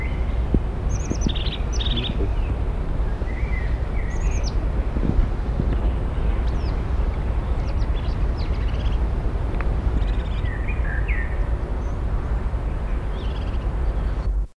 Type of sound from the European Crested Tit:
call